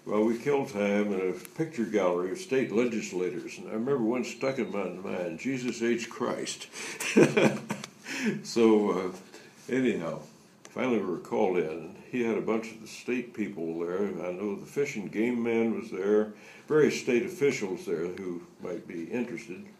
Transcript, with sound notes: While we killed time in the picture gallery of state legislators, I remember one stuck in my mind, Jesus H. Christ. [laughter] Anyway, we were finally called in, and he had a bunch of the state people there, and I know the fish and game man was there, various state officials who might be interested.